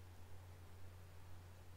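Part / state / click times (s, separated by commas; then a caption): crown stem half into split stem in watch movement / not seated / none. The crown and its half of the split stem are being pushed back in to connect with the other stem part in the movement of an Omega Dynamic vintage watch, calibre 613, reference 136.0033. Only a steady low hum and soft broadband hiss are heard, with no distinct clicks. Nothing has seated or clicked yet.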